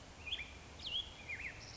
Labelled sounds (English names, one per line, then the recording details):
Black-headed Grosbeak
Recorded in Sonoma County, California